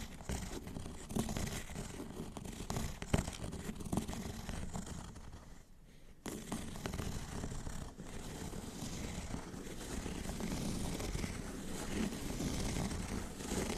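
Scratching and rubbing on cardboard, a dense, continuous rasping that runs almost the whole time with a gritty, rough texture and a low rumble beneath. A sharp knock lands near three seconds, and the sound drops out briefly around five to six seconds before resuming, slightly louder toward the end.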